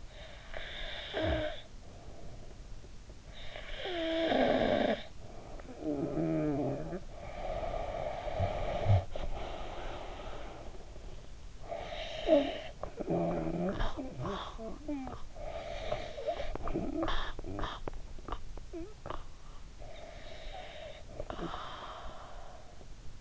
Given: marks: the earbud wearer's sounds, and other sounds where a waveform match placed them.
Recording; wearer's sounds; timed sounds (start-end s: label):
sounds in sleep by an in-ear microphone; snoring breath, breath
0.00-7.15 s: snoring breath
7.15-11.33 s: breath
11.33-19.35 s: snoring breath
19.52-23.21 s: breath